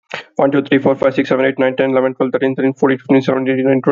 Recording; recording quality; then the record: counting at a fast pace; excellent, no background noise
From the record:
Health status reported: healthy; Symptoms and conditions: none ticked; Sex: male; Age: 37 years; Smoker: not ticked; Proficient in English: yes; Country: India